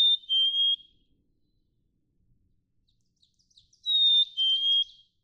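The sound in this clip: Black-capped chickadee singing its two-note whistle twice, high then a bit lower, with faint scattered chips before the second phrase.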